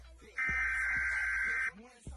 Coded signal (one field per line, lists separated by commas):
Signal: Emergency Alert System (SAME) tones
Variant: header bursts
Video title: REUPLOAD: EAS Scenario Christmas Special: Nibiru